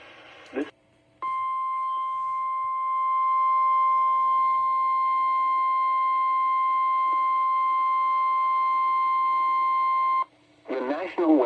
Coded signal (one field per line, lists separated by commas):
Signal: Emergency Alert System (SAME) tones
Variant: 1050 Hz attention tone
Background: speech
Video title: Marginal Mayhem: January Edition || EAS Alerts from 1/12/23 || EAS 456-467